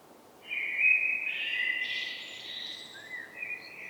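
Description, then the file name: Common blackbird song: a single drawn-out fluted phrase with a twittering overlay that fades into softer notes, with light background hiss. "Turdus merula"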